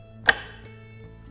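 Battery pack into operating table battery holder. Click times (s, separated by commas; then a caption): 0.3 s. The heavy battery pack of an SC 5010 HS/ES mobile operating table is set on its guides and pushed into the battery holder. A single sharp click at 0.3 s, bright and broadband, decays over the next few tenths of a second against a low steady hum. The pack latches and is seated in the holder.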